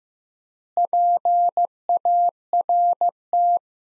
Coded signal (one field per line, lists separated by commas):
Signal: Morse code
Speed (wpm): 15 wpm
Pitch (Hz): 700 Hz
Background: none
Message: PART